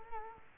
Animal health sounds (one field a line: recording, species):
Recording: mosquito wingbeat signal from an infrared sensor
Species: Culex quinquefasciatus